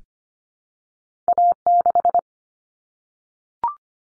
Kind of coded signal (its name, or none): Morse code